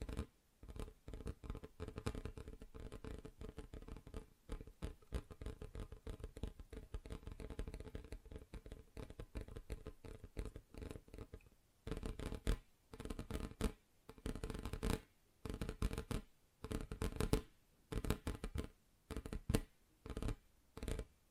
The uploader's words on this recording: ASMR Just Tapping (Different Surfaces No Talking).